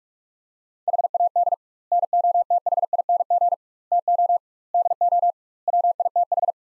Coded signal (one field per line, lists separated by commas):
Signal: Morse code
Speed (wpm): 48 wpm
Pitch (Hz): 700 Hz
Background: none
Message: HAD NOTHING TO DO WITH